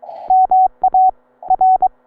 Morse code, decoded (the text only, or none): MAR